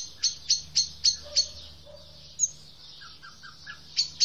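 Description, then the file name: Eurasian blackbird calls: sharp high ticks repeated about four times a second, then a pause with softer lower chirps before more ticks at the end. "Turdus merula"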